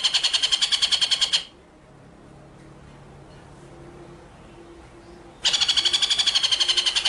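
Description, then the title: White-rumped shama trill: two fast rolling bursts of clipped high pulses, separated by a few seconds of quiet. Masteran (training) track featuring full ngerol and nembak song styles. "Masteran Murai Batu Full Ngerol Nembak"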